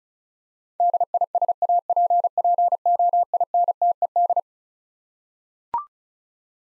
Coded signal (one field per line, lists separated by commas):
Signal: Morse code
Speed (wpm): 36 wpm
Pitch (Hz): 700 Hz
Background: none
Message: DISAPPOINTED